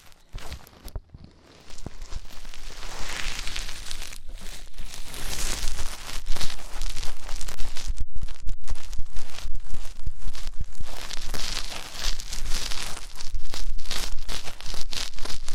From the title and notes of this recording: ASMR INTENSE Deep Ear Cleaning (No Talking).